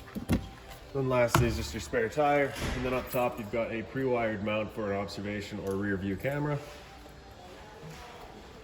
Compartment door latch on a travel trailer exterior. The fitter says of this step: Close her back up and lock it down.